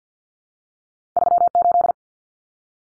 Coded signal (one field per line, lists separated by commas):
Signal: Morse code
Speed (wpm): 50 wpm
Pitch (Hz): 700 Hz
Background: none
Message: 38